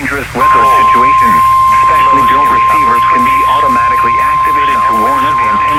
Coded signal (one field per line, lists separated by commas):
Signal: Emergency Alert System (SAME) tones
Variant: 1050 Hz attention tone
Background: speech